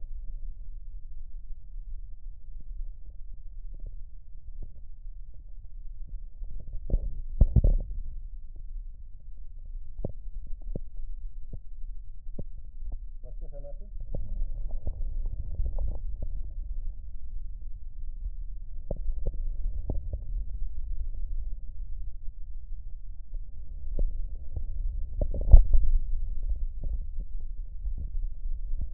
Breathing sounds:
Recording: lung sounds by stethoscope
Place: right posterior basal chest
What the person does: quiet breathing, then deep breathing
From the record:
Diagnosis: pulmonary infection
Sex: male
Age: 74 years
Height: 171 cm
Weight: 80 kg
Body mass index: 27.4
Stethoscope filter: extended mode

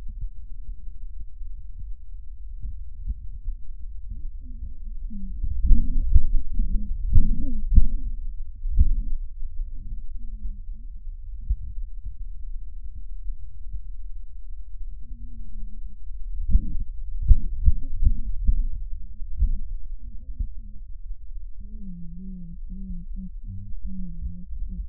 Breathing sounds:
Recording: lung sounds by stethoscope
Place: right posterior basal chest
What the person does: quiet breathing, then cough and speech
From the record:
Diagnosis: asthma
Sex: female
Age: 56 years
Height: 161 cm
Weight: 85 kg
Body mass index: 32.8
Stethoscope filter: bell mode

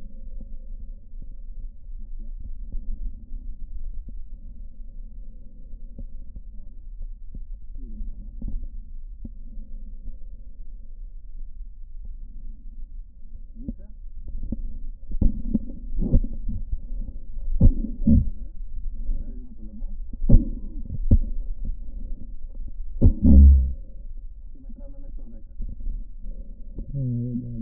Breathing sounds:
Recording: lung sounds by stethoscope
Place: right posterior apical chest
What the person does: quiet breathing, then cough and speech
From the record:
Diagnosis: pulmonary infection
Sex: male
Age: 69 years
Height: 184 cm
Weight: 115 kg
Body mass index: 34.0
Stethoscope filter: diaphragm mode

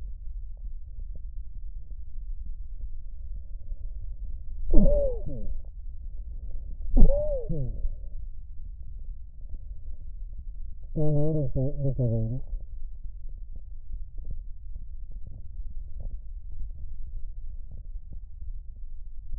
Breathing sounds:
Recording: lung sounds by stethoscope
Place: left posterior basal chest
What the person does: quiet breathing, then cough and speech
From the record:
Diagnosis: COPD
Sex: male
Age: 57 years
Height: 165 cm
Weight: 85.7 kg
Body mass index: 31.5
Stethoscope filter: extended mode

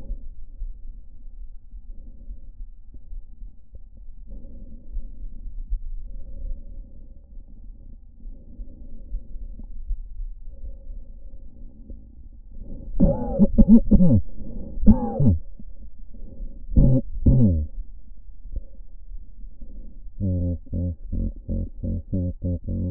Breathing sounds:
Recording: lung sounds by stethoscope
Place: right anterior apical chest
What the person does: quiet breathing, then cough and speech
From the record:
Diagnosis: none (healthy)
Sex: male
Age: 34 years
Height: 174 cm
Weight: 93 kg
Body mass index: 30.7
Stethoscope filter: diaphragm mode

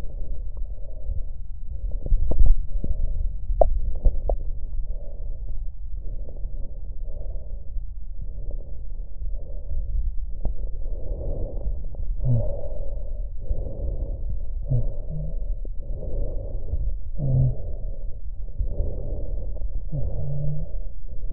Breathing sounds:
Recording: lung sounds by stethoscope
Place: left posterior basal chest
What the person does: quiet breathing, then deep breathing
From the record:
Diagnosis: interstitial lung disease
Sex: female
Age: 72 years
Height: 153 cm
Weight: 71 kg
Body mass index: 30.3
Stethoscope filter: extended mode

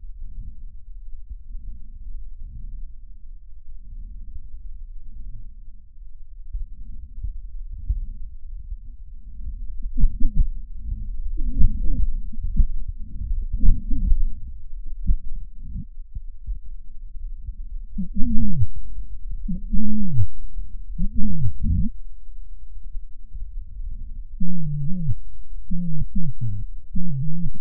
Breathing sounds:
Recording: lung sounds by stethoscope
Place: right posterior apical chest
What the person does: quiet breathing, then cough and speech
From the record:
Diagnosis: COPD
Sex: male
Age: 75 years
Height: 182 cm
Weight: 98 kg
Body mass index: 29.6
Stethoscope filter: bell mode

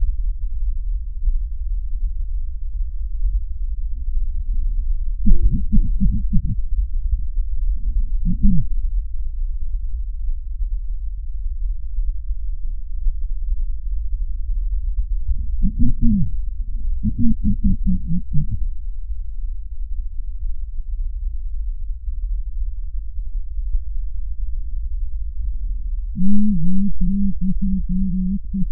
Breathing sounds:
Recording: lung sounds by stethoscope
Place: left posterior basal chest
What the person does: quiet breathing, then cough and speech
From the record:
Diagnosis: pulmonary infection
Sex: female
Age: 74 years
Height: 160 cm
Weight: 66 kg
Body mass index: 25.8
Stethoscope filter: bell mode

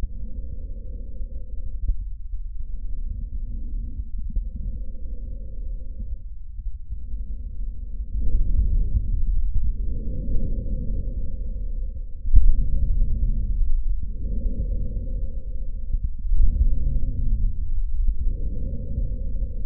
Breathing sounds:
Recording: lung sounds by stethoscope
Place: trachea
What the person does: quiet breathing, then deep breathing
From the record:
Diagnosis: COPD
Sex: male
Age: 64 years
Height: 166 cm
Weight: 92.7 kg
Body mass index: 33.6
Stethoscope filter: bell mode

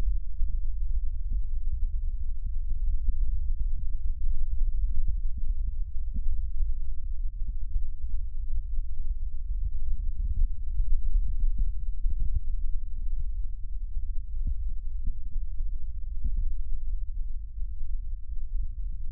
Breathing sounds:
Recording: lung sounds by stethoscope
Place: right posterior basal chest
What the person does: quiet breathing, then deep breathing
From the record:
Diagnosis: asthma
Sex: female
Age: 65 years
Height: 157 cm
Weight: 70.2 kg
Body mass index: 28.5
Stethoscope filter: bell mode

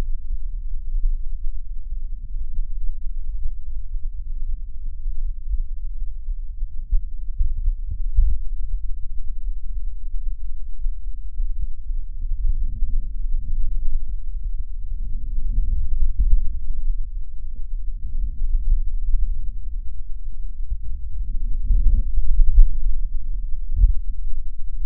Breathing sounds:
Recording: lung sounds by stethoscope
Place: left posterior apical chest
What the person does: quiet breathing, then deep breathing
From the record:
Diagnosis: COPD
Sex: female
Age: 68 years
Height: 150 cm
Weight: 70 kg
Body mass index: 31.1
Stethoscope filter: bell mode

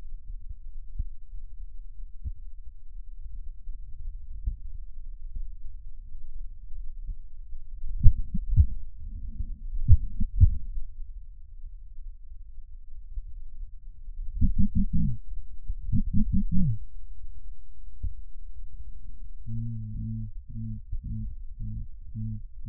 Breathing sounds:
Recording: lung sounds by stethoscope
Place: right posterior apical chest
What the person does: quiet breathing, then cough and speech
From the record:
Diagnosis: none (healthy)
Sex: male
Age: 23 years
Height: 185 cm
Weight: 93 kg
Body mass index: 27.2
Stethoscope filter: bell mode

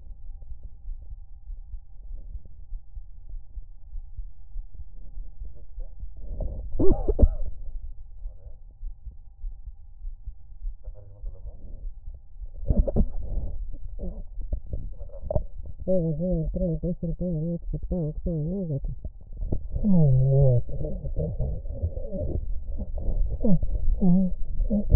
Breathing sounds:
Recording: lung sounds by stethoscope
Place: right anterior apical chest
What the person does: quiet breathing, then cough and speech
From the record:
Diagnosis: interstitial lung disease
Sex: female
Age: 70 years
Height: 160 cm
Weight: 93 kg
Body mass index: 36.3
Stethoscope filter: extended mode

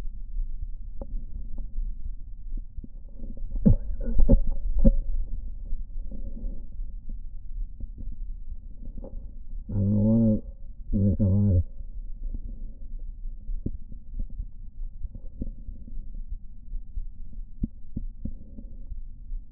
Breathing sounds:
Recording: lung sounds by stethoscope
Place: left anterior apical chest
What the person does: quiet breathing, then cough and speech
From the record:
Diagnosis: COPD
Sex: male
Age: 81 years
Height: 166 cm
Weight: 98.7 kg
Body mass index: 35.8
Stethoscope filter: diaphragm mode

